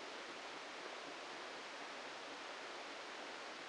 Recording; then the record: brain microelectrode recording played as sound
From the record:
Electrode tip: inside the subthalamic nucleus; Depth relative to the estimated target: 0 mm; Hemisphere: left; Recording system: NeuroSet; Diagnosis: Parkinson's disease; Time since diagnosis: 14 years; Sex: male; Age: 51 years